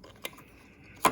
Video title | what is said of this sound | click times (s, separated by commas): How to Replace an Inline Fuel Filter Lincoln Continental | you can hear it click in | 0.2 s, 1.1 s